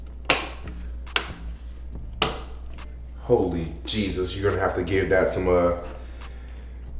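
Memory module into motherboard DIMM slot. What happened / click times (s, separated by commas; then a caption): The memory module latched into its slot / 0.3 s, 2.2 s. A memory module is pressed firmly on both sides into a motherboard DIMM slot, and sharp clicks at 0.3 s and 2.2 s mark the retention latches snapping shut as the stick seats, after a lot of force that felt scary. A smaller click comes at about 1.2 s, and afterward someone talks.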